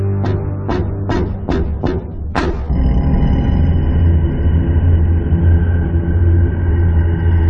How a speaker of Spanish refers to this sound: El golpear en la puerta de unos nudillos repica 6 veces.